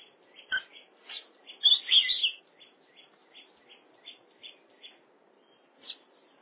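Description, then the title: Oriental magpie-robin giving a series of short, high chip notes, a few a second, broken early on by a louder, richer burst. "Kacer"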